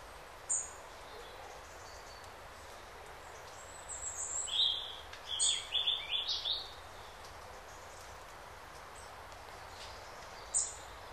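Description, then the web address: Bird song: a burst of rapid high twitters and chirps clustered midway, with isolated sharp high chips at start and end over constant hiss. Birds singing in a calm forest by day. "spokoynyy les dnyom poyut ptitsy"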